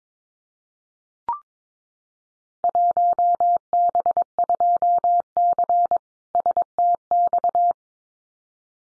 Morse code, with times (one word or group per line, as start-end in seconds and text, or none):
2.6-6.0 1B2C
6.4-7.7 STX